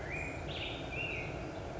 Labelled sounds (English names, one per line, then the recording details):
Black-headed Grosbeak
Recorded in Sonoma County, California